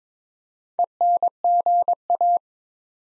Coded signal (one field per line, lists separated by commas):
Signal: Morse code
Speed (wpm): 22 wpm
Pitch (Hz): 700 Hz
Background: none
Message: ENGA